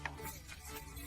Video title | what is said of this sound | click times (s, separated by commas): How to build a Composite Deck by yourself in 10 days Deck size 25ft x 14 5ft Part 2 | You insert it. It snaps into place. | 0.1 s